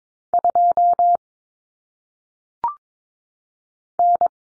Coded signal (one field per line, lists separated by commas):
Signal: Morse code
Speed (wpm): 22 wpm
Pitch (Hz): 700 Hz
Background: none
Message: 2 N